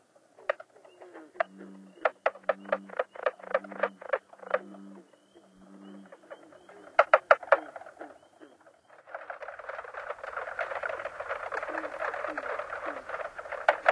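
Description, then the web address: Mink frog calls as sharp knocking clucks in quick series, with low humming pulses underneath at first, then a dense overlapping chorus of knocks takes over. North America. "Songs of Frogs Toads of North America. Mink Frog"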